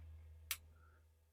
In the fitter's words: I don't know if you heard that snap but it clicked in place let's look around and make sure it's on the groove Perfect